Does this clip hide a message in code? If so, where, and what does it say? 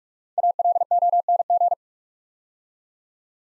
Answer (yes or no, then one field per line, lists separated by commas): yes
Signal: Morse code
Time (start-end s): 0.4-1.7 s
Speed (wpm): 44 wpm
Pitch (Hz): 700 Hz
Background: none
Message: ALONG